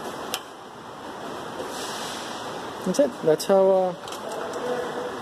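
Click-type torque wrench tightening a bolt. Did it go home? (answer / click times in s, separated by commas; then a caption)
yes / 0.3 s. A click-type torque wrench tightening a bolt gives a single sharp click at 0.3 s as its head breaks over at the preset torque set on the handle. After a quiet stretch, someone talks. The bolt has reached the specified torque value.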